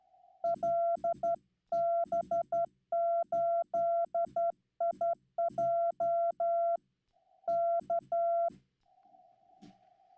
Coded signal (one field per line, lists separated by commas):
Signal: Morse code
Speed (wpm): 12 wpm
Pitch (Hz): 680 Hz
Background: none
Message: LB8IJ K